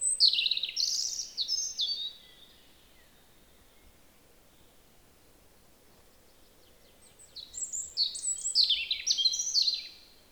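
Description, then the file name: European robin singing high, liquid twittering phrases, one burst early and another after a long pause, over a soft steady background hiss. "Erithacus rubecula"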